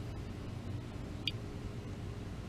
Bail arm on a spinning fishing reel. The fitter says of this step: Locks into place